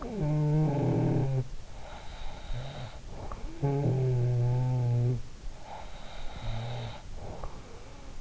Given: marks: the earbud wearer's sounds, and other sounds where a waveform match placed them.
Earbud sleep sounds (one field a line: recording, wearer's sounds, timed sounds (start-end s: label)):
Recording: sounds in sleep by an in-ear microphone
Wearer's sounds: snoring breath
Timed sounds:
0.05-1.65 s: snoring breath
2.40-7.93 s: snoring breath